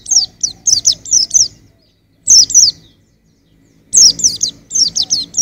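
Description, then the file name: White-eye giving high, thin, down-slurred chirps in short bursts, with pauses between phrases. "suara burung pleci usro"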